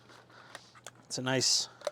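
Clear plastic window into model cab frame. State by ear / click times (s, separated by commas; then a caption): not seated / none. A clear plastic window is being pressed by hand, without glue, into the cab frame of a diecast and plastic model kit. Faint handling ticks are heard around 0.6 s, 0.9 s and 1.9 s while someone talks. Nothing has seated or clicked yet.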